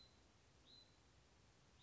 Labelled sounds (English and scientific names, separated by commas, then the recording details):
Hutton's Vireo (Vireo huttoni)
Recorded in Sonoma County, California